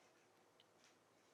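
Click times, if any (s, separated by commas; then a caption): 0.6 s. A plastic infusion cassette's bottom forks rest on the pins of an infusion pump and its top is pivoted into the pump chamber. It gives a short, sharp click at 0.6 s over a steady background hiss, showing that the cassette is properly attached and seated.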